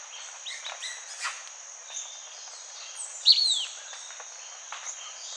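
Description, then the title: Blackish pewee uttering a single sharp, high downward-slurred note midway, with a continuous insect whine and faint twittering of other birds behind. Subspecies nigrescens. "LuckyPassaro Completos2Sama. Blackish Pewee"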